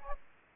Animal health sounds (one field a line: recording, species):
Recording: mosquito wingbeat signal from an infrared sensor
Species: Aedes aegypti